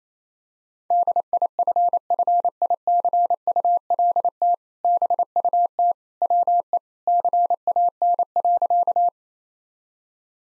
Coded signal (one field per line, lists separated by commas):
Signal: Morse code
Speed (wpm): 28 wpm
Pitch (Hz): 700 Hz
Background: none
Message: DIFFICULT BUT WE CAN.